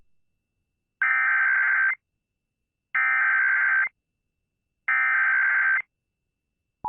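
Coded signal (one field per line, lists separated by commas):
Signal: Emergency Alert System (SAME) tones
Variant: header bursts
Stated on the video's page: Real Child Abduction Emergency relayed on WBAP-AM, 820 kHz, Fort Worth, Texas, captured from the station's live stream; relayed by National Weather Service Fort Worth.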